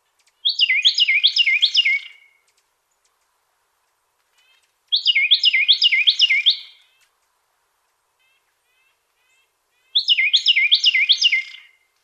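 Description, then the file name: Carolina wren delivering three evenly spaced bouts of bright, rolling, repeated phrases, with clean silence between them. Fourth song variation of this species. "suara kicauan burung carolina wren. omkicau"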